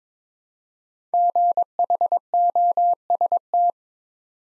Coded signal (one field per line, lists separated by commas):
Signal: Morse code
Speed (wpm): 22 wpm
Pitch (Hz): 700 Hz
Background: none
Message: GHOST